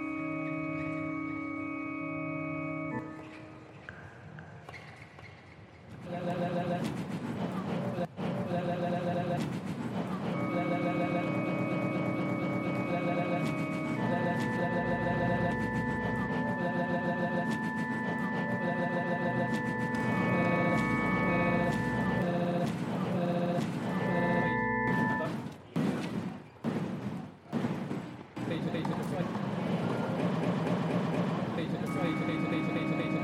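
A busy tennis venue with steady crowd chatter and voices throughout, mixed with tonal hums from loudspeakers or machinery. Sharp thumps and clacks punctuate the din, clustered around the middle and especially from 25 to 28 seconds, with a quieter stretch near five seconds.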